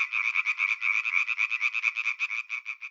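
European tree frog calling in a fast, continuous series of rasping pulses, held steadily throughout with no other sounds.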